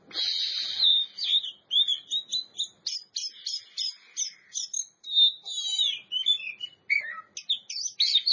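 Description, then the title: Oriental magpie-robin singing a fast medley: a long buzzy opening note, then rapid repeated chips and clear whistled slurs, delivered in short bursts. Champion bird. "Kicau Burung Kacer Juara"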